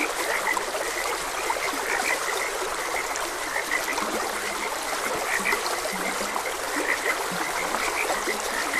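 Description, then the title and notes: Frogs croaking in short, high, chirpy notes scattered throughout over a steady rush of flowing stream water, with a few low grunts beneath. Frogs croaking beside a gentle stream. "Gentle Stream and Frogs Croaking - Calming Sounds of Nature. Sleep and Relaxation Podcast"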